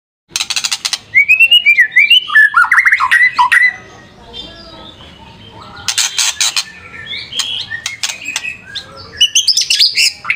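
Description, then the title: White-rumped shama song: a rich run of warbled, looping whistles, then a quieter pause before loud rattling clicks and more varied whistled phrases. Training recording for caged birds. "MASTERAN MURAI BATU LABAIK"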